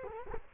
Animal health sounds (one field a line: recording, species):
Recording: mosquito wingbeat signal from an infrared sensor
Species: Culex quinquefasciatus